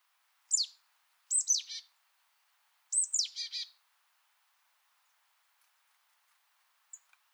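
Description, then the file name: Marsh tit giving three sharp, high calls, the second and third longer with buzzy tails, then near silence. "Poecile palustris"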